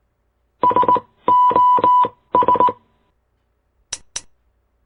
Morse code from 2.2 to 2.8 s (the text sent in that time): S